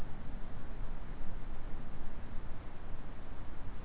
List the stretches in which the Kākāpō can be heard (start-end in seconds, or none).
none